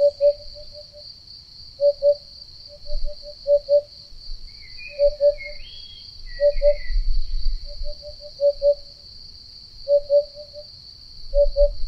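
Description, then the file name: Eurasian hoopoe hooting in quick pairs and triplets, repeated phrases against an unbroken high insect trill, low rumble and scattered bird twitters. "Chant-de-la-Huppe-fasciée-Upupa-Epops"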